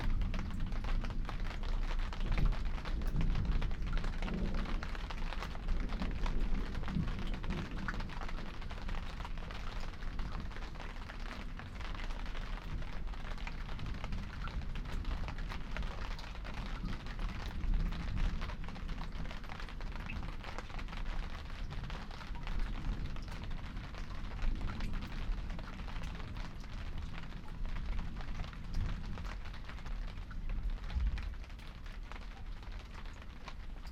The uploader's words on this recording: Heatwave thunderstorm that washes and cools (panoramic, made for headphones). The Lento mics captured this storm as it passed over Hackney in North East London in early afternoon last week, after a long period of exceptionally hot and dry weather.